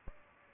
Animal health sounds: mosquito wingbeat signal from an infrared sensor; Aedes albopictus

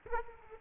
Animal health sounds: mosquito wingbeat signal from an infrared sensor; Aedes aegypti

